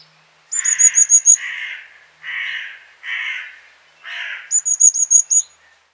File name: lazorevka